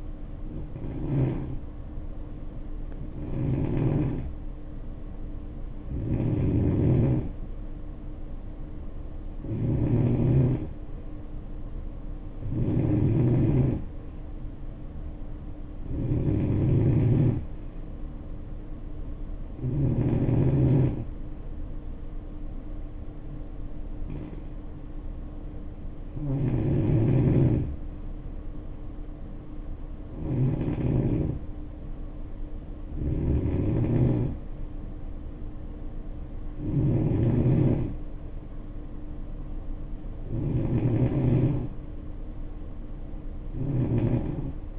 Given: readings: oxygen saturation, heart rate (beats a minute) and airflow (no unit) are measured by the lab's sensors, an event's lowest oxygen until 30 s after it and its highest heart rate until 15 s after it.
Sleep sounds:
breathing in sleep by a smartphone at the bedside; none
none scored
From the record:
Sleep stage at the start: N2 (light sleep); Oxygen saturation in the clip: 88 to 92%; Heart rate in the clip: 60 to 67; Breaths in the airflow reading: 13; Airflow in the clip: -6.0 to 3.6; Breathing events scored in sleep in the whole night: 520 in 7.2 hours asleep

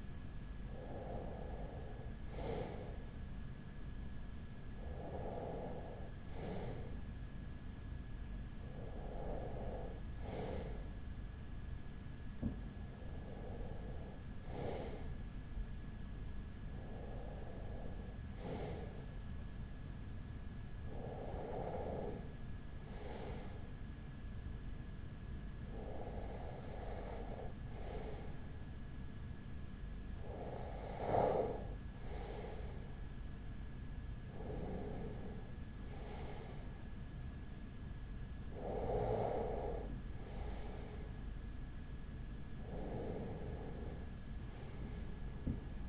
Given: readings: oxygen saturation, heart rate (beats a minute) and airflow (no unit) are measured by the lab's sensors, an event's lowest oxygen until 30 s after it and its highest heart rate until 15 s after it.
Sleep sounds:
breathing in sleep by a smartphone at the bedside; none
none scored
From the record:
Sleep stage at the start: REM sleep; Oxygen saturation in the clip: 94 to 96%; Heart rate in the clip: 39 to 45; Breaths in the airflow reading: 11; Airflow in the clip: -5.0 to 4.9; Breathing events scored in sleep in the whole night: 207 in 7.6 hours asleep

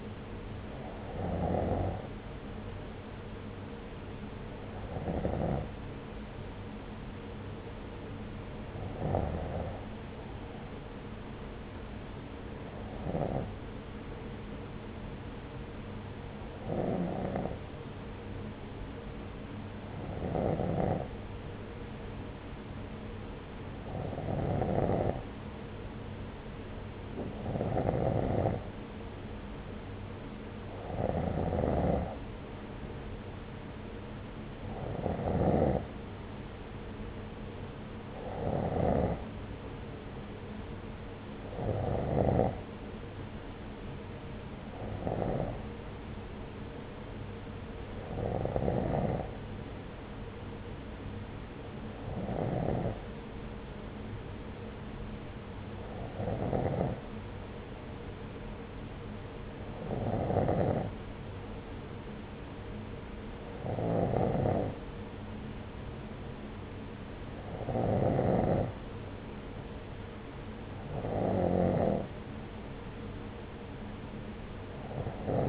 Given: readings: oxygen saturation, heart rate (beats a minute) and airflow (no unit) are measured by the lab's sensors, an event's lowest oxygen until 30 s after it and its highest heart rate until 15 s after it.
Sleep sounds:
breathing in sleep by a voice recorder at the bedside; none
none scored
From the record:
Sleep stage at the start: N2 (light sleep); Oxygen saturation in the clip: 89 to 92%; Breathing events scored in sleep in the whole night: 303 in 8.1 hours asleep

